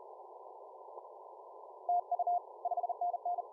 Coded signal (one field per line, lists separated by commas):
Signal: Morse code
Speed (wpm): 38 wpm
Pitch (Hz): 710 Hz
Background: radio noise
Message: TU 5NN